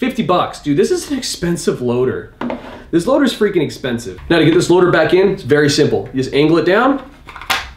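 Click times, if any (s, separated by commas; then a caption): 7.3 s, 7.4 s. Someone talks while the removable section of a Bunker Kings CTRL paintball loader is angled down and pressed back into the loader shell, where a magnet holds it. The hard plastic snaps into place with two sharp clicks at 7.3 s and 7.4 s, and the section is seated.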